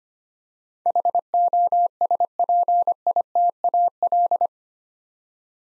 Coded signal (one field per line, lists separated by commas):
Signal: Morse code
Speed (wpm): 25 wpm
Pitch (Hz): 700 Hz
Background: none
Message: HOSPITAL